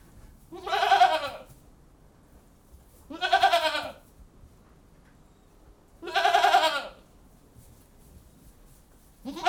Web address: The BBC Sound Effects Library (Livestock # 1 ) Goat House